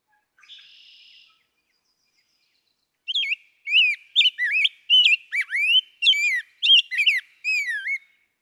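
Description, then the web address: Rose-breasted Grosbeak with a soft buzzy note first, then a long flowing song of sweet slurred whistles in a quick series. "birdsongforthecurious songs Rose-breasted Grosbeak"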